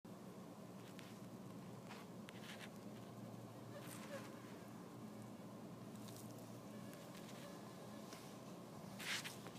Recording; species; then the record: mosquito flight sound by mobile phone; Anopheles gambiae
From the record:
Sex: female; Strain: Kisumu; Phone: iPhone 4S